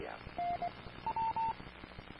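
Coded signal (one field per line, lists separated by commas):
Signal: none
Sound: a repeater's courtesy beeps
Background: speech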